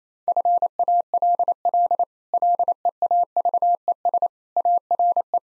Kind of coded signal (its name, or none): Morse code